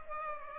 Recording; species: mosquito wingbeat signal from an infrared sensor; Culex pipiens